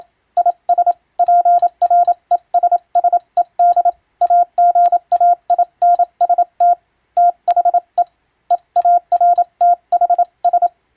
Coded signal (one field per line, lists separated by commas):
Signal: Morse code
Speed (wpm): 27 wpm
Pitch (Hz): 700 Hz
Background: none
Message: IS PRESSED AGAINST THE EARTHS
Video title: 【船舶通信士】懐かしい船舶通信士が打つ欧文無線電報！無線通信士の国家試験の練習です。今でもモールスの実技試験があります。アマチュア無線の受信トレーニングにどうぞ morse code practice